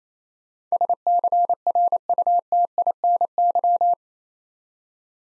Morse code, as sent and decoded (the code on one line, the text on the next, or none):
... -.-. .-. ..- - .. -. -.--
SCRUTINY